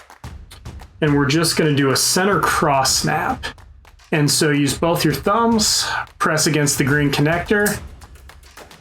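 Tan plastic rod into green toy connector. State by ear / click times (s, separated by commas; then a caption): seated / 8.3 s. Someone talks while both thumbs press a tan plastic rod sideways into a green toy connector in a center cross snap. After the talk ends, a short series of taps leads to a sharp snap at 8.3 s as the rod seats in the connector.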